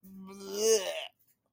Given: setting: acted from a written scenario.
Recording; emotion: vocal sound without words; disgust